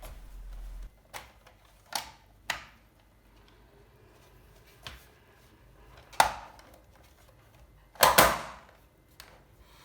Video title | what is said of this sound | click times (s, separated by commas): Audi A4 B5 Instrument Cluster Teardown and LCD rebuild | and it should all click into place nice and easily | 2.5 s, 6.2 s